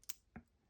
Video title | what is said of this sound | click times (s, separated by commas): Zenith pilot big date flyback ceramic unboxing | so you put it on you can literally hear it click into place | 0.1 s